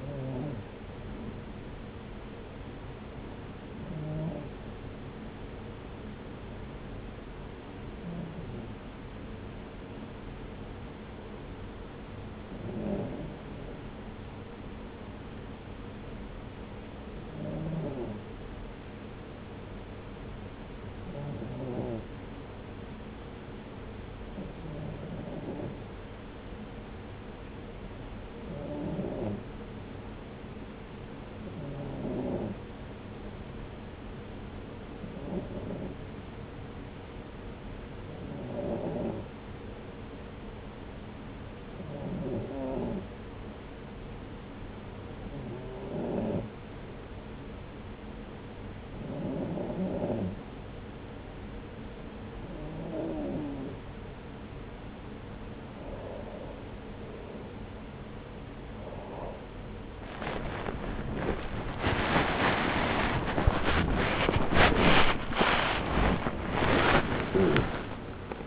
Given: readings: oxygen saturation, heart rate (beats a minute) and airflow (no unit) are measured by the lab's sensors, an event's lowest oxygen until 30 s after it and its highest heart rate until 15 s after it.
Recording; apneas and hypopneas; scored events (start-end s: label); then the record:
breathing in sleep by a voice recorder at the bedside; 1
5.00-57.10 s: hypopnea (N1, oxygen 95% highest, then 93% lowest)
49.00-68.47 s: new sleep stage, awake
50.00-68.47 s: awake
From the record:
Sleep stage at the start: N1 (lightest sleep); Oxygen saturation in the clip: 93 to 95%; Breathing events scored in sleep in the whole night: 303 in 8.1 hours asleep